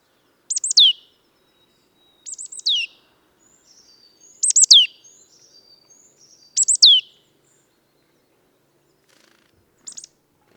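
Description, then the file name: Marsh tit calling in sharp, high, downward-sweeping notes, given in quick clusters about every two seconds, four clear phrases and a short final one, over a quiet background. "Poecile palustris"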